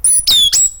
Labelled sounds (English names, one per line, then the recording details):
Stitchbird song
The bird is a male
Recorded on Tiritiri Matangi Island, New Zealand, in 2005
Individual 12, of nest box 16